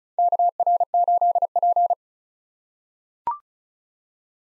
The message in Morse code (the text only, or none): KR8P